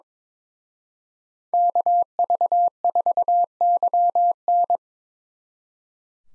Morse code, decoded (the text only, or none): KV4YN